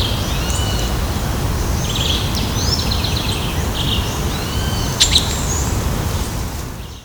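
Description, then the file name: Streaked flycatcher calls, several sharp squeaky notes and short buzzy bursts high in pitch, over steady low rumbling background noise. Recorded at Ibirapuera, São Paulo, Brazil. "Myiodynastes maculatus Ibirapuera SP BR. ASIlveira"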